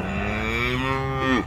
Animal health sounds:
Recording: contact call of a hoofed animal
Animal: cattle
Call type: low-frequency (closed-mouth) or high-frequency (open-mouth) call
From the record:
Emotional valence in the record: negative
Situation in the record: full separation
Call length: 1.47 s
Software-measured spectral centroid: 1900 Hz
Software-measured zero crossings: 2190 a second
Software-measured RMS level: -24 dBFS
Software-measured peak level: -7 dBFS

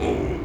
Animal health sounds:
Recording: contact call of a hoofed animal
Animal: pig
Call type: closed-mouth grunt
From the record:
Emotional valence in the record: negative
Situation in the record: short social isolation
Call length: 0.46 s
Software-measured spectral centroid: 1440 Hz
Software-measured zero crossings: 950 a second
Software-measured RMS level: -24 dBFS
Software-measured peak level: -11 dBFS

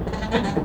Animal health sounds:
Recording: contact call of a hoofed animal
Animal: goat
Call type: low-frequency (closed-mouth) or high-frequency (open-mouth) call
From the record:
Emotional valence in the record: positive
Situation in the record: food anticipation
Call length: 0.65 s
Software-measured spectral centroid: 1680 Hz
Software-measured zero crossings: 1250 a second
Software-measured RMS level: -24 dBFS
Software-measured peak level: -7 dBFS

